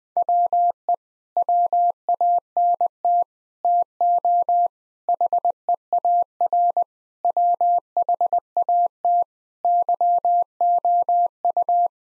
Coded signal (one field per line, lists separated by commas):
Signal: Morse code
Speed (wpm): 20 wpm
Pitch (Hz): 700 Hz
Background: none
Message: WE WANT TO HEAR WHAT YOU